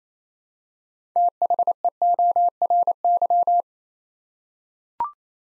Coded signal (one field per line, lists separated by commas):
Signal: Morse code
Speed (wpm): 27 wpm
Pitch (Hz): 700 Hz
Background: none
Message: THEORY